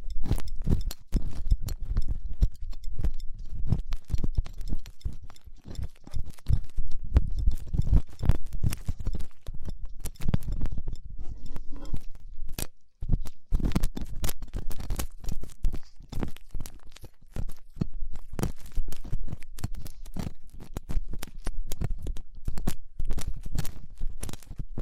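Ear cleaning with latex gloves, a dental pick and cotton swabs: a dense, irregular run of crackly scratches, rubs and clicks that continues without pause. Low muffled thumps sit under the bright crackle, and one brief hush breaks the sound around thirteen seconds.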